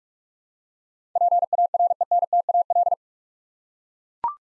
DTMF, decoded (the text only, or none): none